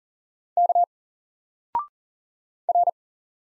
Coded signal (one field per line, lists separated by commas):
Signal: Morse code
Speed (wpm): 40 wpm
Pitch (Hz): 700 Hz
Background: none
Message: K R